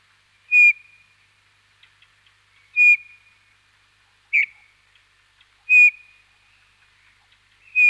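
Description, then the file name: Eurasian bullfinch giving soft, short piping whistles, repeated about every one and a half to two and a half seconds over a quiet background. Recorded in winter. "Jean C Roch Pierre Palengat - Hiver bouvreuil pivoine"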